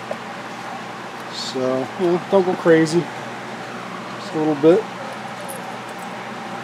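A metal brake pad abutment clip is handled at the caliper bracket of a Mini Cooper during a brake job, after a light coat of anti-corrosion lubricant behind the brackets. Someone talks over a steady background hum. Nothing has seated or clicked yet.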